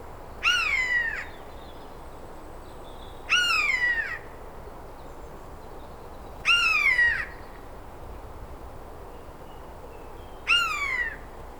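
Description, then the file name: Eurasian jay calling with four plaintive, descending mews spaced a few seconds apart over a soft steady hiss. "Garrulus glandarius"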